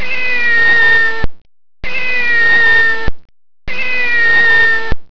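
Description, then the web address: Cat meowing: three identical drawn-out meows, each lasting over a second, repeated at even intervals with silent gaps between. "voice cat"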